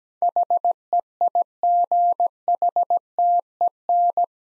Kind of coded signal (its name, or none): Morse code